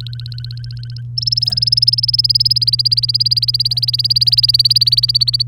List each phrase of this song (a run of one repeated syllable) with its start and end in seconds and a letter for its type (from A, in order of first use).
0.01-1.01 A, 1.17-5.42 B